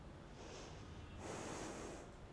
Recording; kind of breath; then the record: one breath in and out by a microphone near the nose and mouth; normal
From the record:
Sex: female